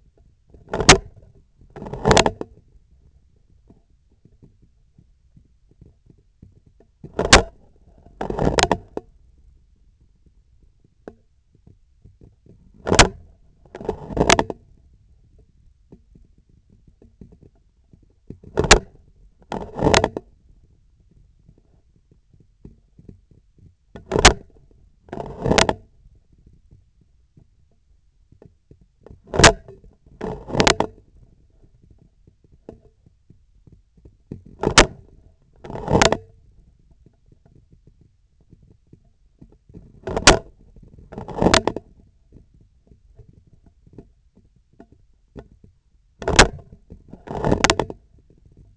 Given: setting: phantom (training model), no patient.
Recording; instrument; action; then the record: laparoscopic instrument, vibration sensor on the handle end; scissors; opening and closing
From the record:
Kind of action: tool actuation without material contact